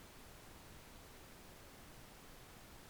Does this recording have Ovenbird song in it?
no